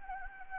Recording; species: mosquito wingbeat signal from an infrared sensor; Anopheles gambiae